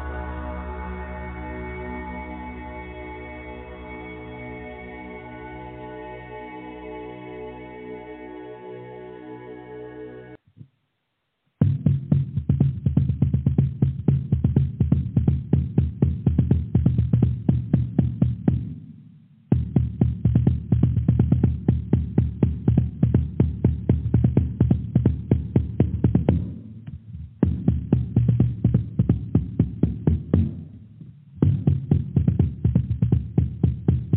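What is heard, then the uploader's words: A steady low drone for ten seconds, then after a brief silence, fast, even drumming with deep thuds continues, broken by short pauses. DRUMMING.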